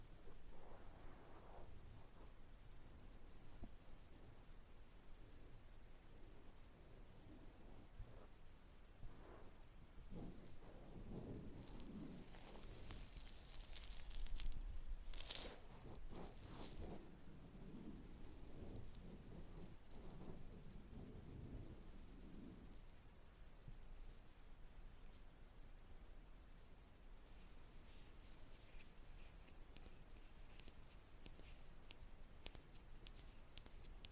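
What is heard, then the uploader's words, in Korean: Fingers brush and rub over the ear, making a dense, scratchy rustle with soft low thumps that grows heavier between about 10 and 23 seconds, with a louder bump near 14 seconds. Afterward the rubbing thins, and a brighter, crisper scraping takes over toward the end. No talking 말없이 귀에 먼지 털어내기 ear touching sound.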